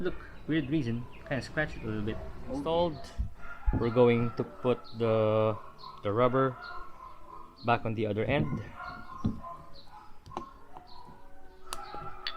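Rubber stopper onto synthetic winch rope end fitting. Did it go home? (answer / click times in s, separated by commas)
yes / 11.7 s, 12.3 s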